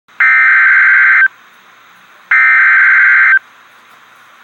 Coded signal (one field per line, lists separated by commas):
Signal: Emergency Alert System (SAME) tones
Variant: header bursts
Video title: REAL EAS 867-Severe thunderstorm warning